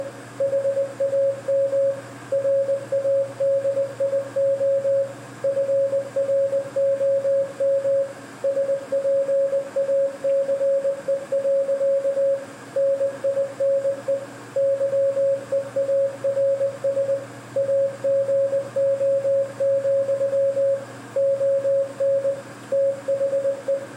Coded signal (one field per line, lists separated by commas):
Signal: Morse code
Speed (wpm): 19 wpm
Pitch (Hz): 550 Hz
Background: none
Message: HAM RADIO FROM SPACE. NINE YEARS AGO, ON THE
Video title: Morse Code youth outreach presentation in a video format